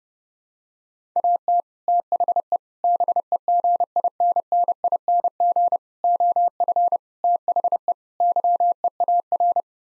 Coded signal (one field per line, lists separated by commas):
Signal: Morse code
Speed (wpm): 30 wpm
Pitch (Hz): 700 Hz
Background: none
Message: AT THE BEGINNING OF THE YEAR